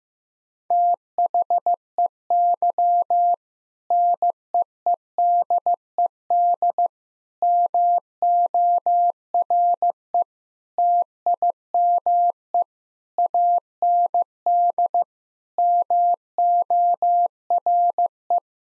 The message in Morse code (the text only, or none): THEY NEEDED MORE TIME AND MORE